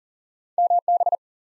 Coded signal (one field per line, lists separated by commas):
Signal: Morse code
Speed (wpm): 40 wpm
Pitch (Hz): 700 Hz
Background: none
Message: MB